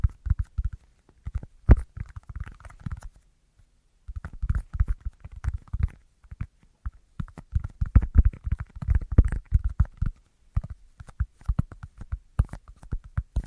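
Dense, irregular tapping with quick clusters of soft, low knocks and a few sharp clicks, pausing briefly near four seconds and ten seconds.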